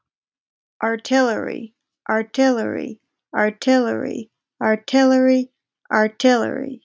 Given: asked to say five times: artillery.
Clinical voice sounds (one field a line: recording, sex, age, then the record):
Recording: repeated word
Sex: female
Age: 20 to 29 years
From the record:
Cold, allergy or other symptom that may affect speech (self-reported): no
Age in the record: 25 years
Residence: Massachusetts, United States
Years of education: 17